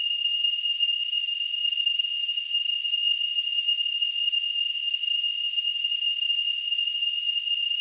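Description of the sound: A steady, high-pitched tone near 3 kHz with a faint hiss around it runs unchanged for about eight seconds. It is a simulation of tinnitus, the ringing or whistling a person hears in the ears without any outside sound.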